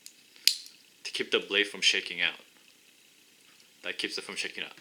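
A Camillus folding knife blade is swung open in its handle, giving a small ball detent click at 0.1 s and then a loud lock-up snap at 0.5 s as the blade locks open; the detent is there to keep the blade from shaking out. Someone talks afterward.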